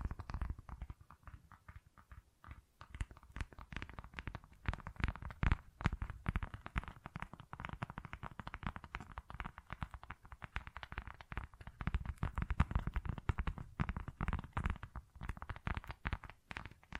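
Tapping and scratching on textured surfaces, a dense, busy run of short crackly strokes and taps that continues without pause for the whole stretch. The sounds are fairly low and soft with some brighter edges, and they swell slightly louder around the twelve-second mark.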